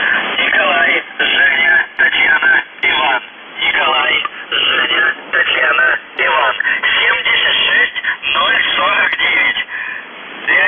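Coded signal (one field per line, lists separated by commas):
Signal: coded military voice message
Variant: UVB-76, Russian voice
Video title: The Buzzer/UVB-76(4625Khz) July 22, 2021 09:15UTC Voice message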